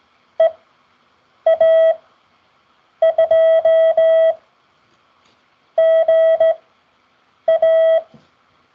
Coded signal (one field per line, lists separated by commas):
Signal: Morse code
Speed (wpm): 17 wpm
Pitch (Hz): 650 Hz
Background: none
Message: EA2GA